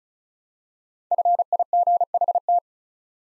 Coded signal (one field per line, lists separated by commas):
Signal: Morse code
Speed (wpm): 36 wpm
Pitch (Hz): 700 Hz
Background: none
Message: FIGHT